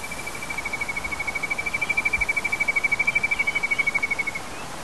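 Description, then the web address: Darwin's nothura call, a fast, even series of whistled notes on one pitch, running for about four seconds over background hiss. Heard in South America. "Natures Songs S America Darwin's Nothura"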